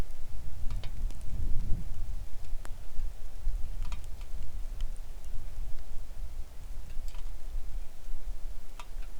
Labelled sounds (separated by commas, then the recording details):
wind, rain
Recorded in the Arctic National Wildlife Refuge, Alaska, on 3 August 2019 at 10:13
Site 41